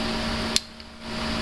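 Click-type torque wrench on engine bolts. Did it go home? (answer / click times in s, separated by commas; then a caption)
yes / 0.6 s. A click-type torque wrench set to 25 lb tightens head or intake bolts on a 2.4 engine during a PT Cruiser cylinder head installation. Over a steady background hum, the wrench breaks over with a single sharp click at 0.6 s, followed by a faint tick near 0.8 s. The click confirms the 25 lb torque setting was reached.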